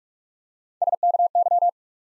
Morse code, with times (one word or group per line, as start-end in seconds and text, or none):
0.8-0.9 S
1.0-1.3 K
1.4-1.7 Y